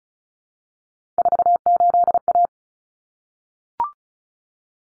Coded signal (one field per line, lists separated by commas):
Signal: Morse code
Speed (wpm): 34 wpm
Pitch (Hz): 700 Hz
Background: none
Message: 48A